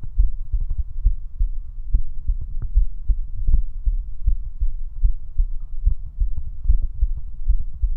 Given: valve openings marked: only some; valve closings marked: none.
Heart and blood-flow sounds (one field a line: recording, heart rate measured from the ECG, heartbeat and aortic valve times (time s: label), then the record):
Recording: heart sounds by stethoscope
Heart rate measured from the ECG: 74 bpm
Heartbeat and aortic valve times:
0.22 s: heartbeat (ECG mark)
0.25 s: aortic valve opens (echo mark)
1.08 s: heartbeat (ECG mark)
1.97 s: heartbeat (ECG mark)
2.79 s: heartbeat (ECG mark)
3.56 s: heartbeat (ECG mark)
3.59 s: aortic valve opens (echo mark)
4.30 s: heartbeat (ECG mark)
4.33 s: aortic valve opens (echo mark)
5.07 s: heartbeat (ECG mark)
5.10 s: aortic valve opens (echo mark)
5.89 s: heartbeat (ECG mark)
5.92 s: aortic valve opens (echo mark)
6.72 s: heartbeat (ECG mark)
7.52 s: heartbeat (ECG mark)
From the record:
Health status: healthy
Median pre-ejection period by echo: 29 ms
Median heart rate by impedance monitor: 74 bpm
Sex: male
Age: 19 years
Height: 179 cm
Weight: 78 kg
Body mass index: 24.34